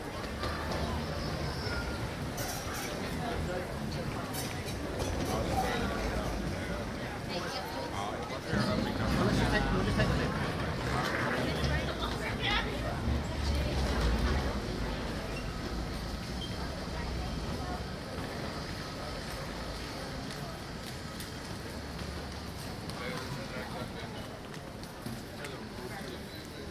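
A busy airport concourse full of travelers, with overlapping voices and chatter. The crowd noise stays fairly steady, swelling louder around nine to thirteen seconds, with a low rumble of traffic or machinery underneath and a faint steady tone near fifteen seconds.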